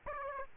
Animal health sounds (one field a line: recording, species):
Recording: mosquito wingbeat signal from an infrared sensor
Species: Aedes aegypti